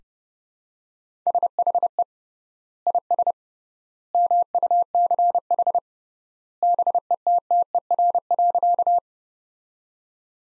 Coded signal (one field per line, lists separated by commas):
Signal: Morse code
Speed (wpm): 29 wpm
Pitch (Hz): 700 Hz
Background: none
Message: SHE IS MUCH BETTER.